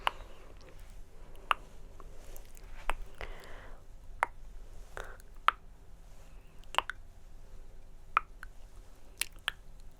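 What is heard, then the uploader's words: Tongue clicks pop out sharply at an uneven pace, about one a second, with pairs near the three, five and nine second marks. A few wet, squishy mouth sounds trail some clicks, over a faint, steady low hum. ASMR Tongue Clicking & Personal Attention.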